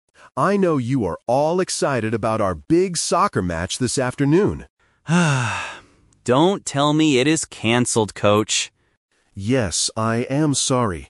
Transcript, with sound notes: I know you are all excited about our big soccer match this afternoon.
(Sighs) Don't tell me it is canceled, Coach.
Yes, I am sorry.